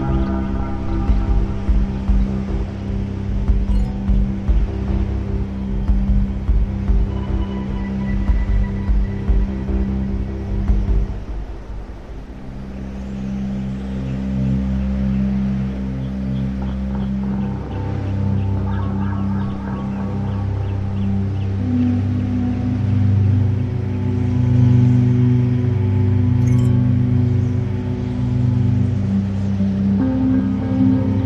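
Ambient music of sustained low, droning tones plays over a soft, rumbling wash of wind. Around twelve seconds it briefly thins, then a new set of held chords swells back in, fuller and steady, with faint bright notes drifting above.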